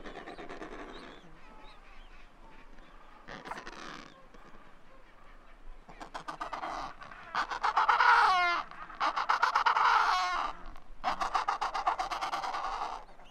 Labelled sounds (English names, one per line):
Adelie Penguin call